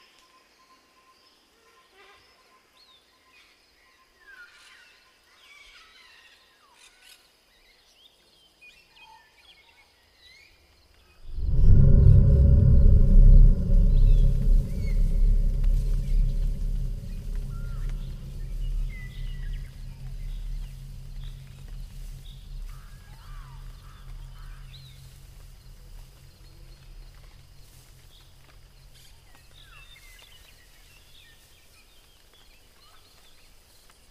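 In a quiet jungle with faint bird chirps, a deep rumbling roar erupts around eleven seconds and slowly fades over the following twenty seconds.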